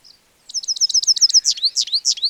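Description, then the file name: European goldfinch twittering in a fast, tinkling series of repeated notes, growing louder over the first half. "Carduelis carduelis"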